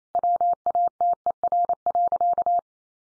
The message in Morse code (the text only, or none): WATER.